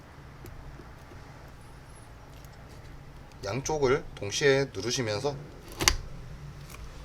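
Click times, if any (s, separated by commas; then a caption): 5.9 s. A graphics card is pushed into a motherboard PCIe slot, pressed on both ends at once. Someone talks over quiet room noise. A sharp click at 5.9 s shows the card seating in the slot.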